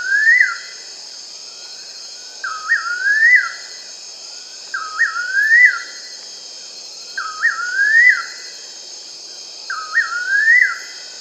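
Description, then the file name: Bird whistle phrases, each a quick low note then rising slurs, repeated regularly about every two and a half seconds, over a continuous high hiss. "SABIOD 50 bird 2015"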